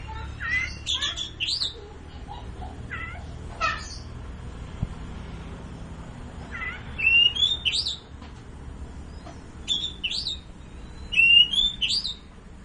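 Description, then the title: Oriental magpie-robin singing varied phrases of clear rising whistles and harsher scratchy notes, separated by short pauses, over a faint low background hum. "Kicau Kacer"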